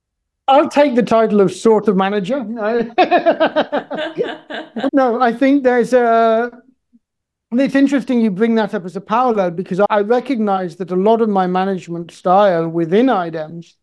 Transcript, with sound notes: I’ll take the title of sort of manager! [Laughs] No, I think there’s a, it’s interesting you bring that up as a parallel because I recognize that a lot of my management style within IDEMS